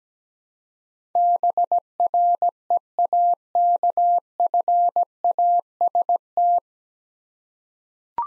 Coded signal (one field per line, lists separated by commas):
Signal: Morse code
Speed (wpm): 17 wpm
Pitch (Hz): 700 Hz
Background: none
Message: BREAKFAST